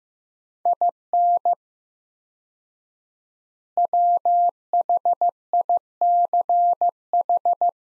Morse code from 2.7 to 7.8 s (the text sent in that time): WHICH